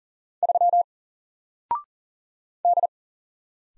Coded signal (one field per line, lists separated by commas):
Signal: Morse code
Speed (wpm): 40 wpm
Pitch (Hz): 700 Hz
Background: none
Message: 3 D